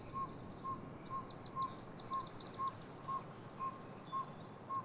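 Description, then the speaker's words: Northern saw-whet owl song, a steady series of soft, evenly spaced whistled toots about two per second, with a twittering songbird above and a low background hiss. Male singing a repetitive territorial song, telling other males this forest section is his territory; freshwater marsh edge under old-growth Sitka spruce and western hemlock canopy; national park. "And we're listening to the repetitive song of a northern saw-whet owl."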